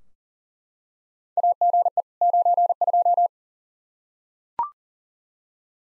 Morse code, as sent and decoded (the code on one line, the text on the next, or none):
.- --. . / ----. ..---
AGE 92